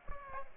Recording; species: mosquito wingbeat signal from an infrared sensor; Aedes aegypti